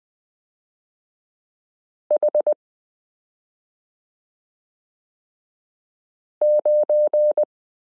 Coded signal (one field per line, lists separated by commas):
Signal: Morse code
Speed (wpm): 20 wpm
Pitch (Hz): 600 Hz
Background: none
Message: H9